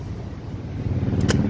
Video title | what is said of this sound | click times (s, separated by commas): Review NC750X 2024 Grand Touring Set | แรงนิดนึงปึ๊บล็อคทุกครั้งนะครับกันมันดิดตัวตัวนี้โอเค | 1.3 s